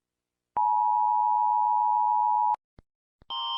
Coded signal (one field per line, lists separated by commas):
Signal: Emergency Alert System (SAME) tones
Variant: 853 and 960 Hz attention tone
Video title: random eas alarms (i’ve been doing this for hours straight)